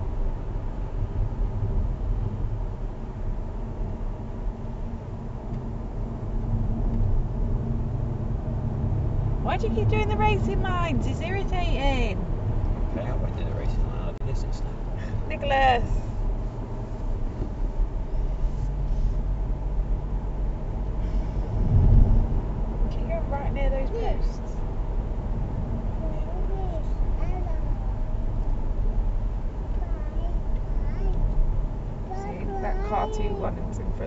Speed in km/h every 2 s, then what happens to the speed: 58, 56, 55, 58, 64, 71, 68, 64, 63, 64, 66, 68, 68, 66, 63, 60, 58.
4-11 speeds up to 71. 11-15 slows to 63. 15-24 steady at about 66. 24-34 slows to 58.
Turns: 4-12.